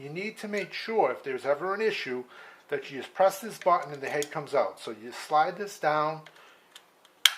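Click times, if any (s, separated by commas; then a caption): 7.3 s. Someone talks while pressing the release button and sliding the interchangeable plug head (receptacle head) down onto the AC power adapter body of a Mettler Toledo JL602 lab balance. Two faint ticks come at about 6.8 and 7.1 s, then a sharp, loud click at 7.3 s as the head locks into place. The head is seated in its channel so the contacts touch.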